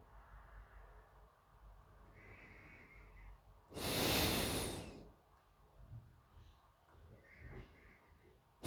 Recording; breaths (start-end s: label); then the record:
nose breathing near a microphone
1.72-3.58 s: inhalation
3.58-5.09 s: exhalation
6.78-8.52 s: inhalation
From the record:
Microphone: phone